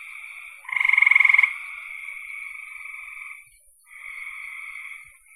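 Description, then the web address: Frog trilling: one loud rapid rattle near the start, then quieter, shorter trill phrases from other frogs with a brief pause between. "cn frogs"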